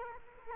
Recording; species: mosquito wingbeat signal from an infrared sensor; Culex quinquefasciatus